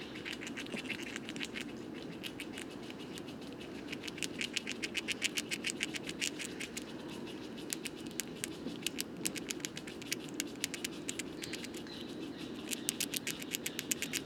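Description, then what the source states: Eurasian red squirrel feeding sounds, rapid sharp gnawing clicks in irregular bursts over a steady low background rumble. Bois de Vincennes, 23 November 2018, foggy, 5 °C; feeding on seeds of many fruiting conifers to fatten up before winter rest; few leaves left on deciduous trees.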